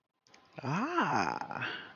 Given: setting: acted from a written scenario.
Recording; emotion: vocal sound without words; interest